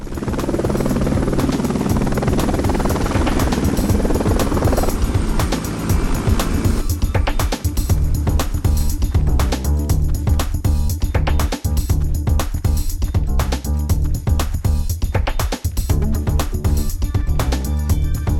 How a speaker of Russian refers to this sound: Вертолет летит в небе, он сел на крышу многоэтажного здания.